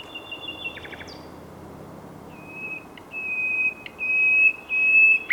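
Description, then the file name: Common nightingale song: a few clipped notes, then a series of long pure whistles on one pitch, each louder than the last, over faint background noise. "Luscinia megarhynchos"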